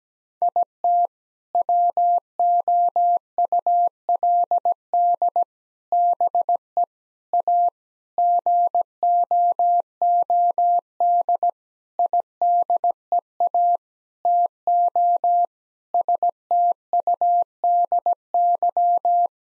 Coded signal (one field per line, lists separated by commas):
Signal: Morse code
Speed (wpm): 17 wpm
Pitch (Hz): 700 Hz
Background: none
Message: IT WOULD BE A GOOD IDEA TO STUDY